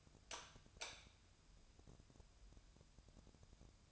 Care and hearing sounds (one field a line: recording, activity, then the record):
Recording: daily activity, microphone in the room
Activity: light on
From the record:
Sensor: 2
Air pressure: 999.9 hPa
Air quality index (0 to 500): 117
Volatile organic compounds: 2 ppm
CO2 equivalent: 1007 ppm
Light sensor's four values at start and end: 34/86/37/41 and 39/103/44/48